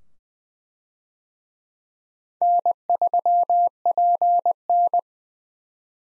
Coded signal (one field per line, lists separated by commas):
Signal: Morse code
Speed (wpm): 21 wpm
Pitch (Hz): 700 Hz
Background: none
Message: N3PN